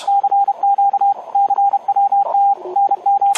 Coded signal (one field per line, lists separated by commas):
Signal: Morse code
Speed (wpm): 30 wpm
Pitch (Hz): 800 Hz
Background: radio noise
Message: CQ CWT NM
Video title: January 14, 2021 UARC Meeting: HF Made Easy - Using UARC's HF remote stations in a CW contest